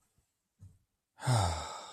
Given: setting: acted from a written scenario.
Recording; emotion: vocal sound without words; ecstasy